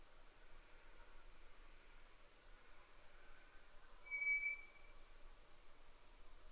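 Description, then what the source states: White's thrush song: one drawn-out, thin, flat-pitched whistle, the only clear sound over low steady hiss. Sung at night, 22:35, on 11 June 2011.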